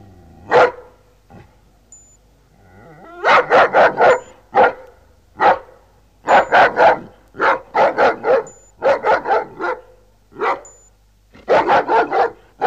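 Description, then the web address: Dog barking in bursts of one to several sharp barks, separated by short pauses. "Hund"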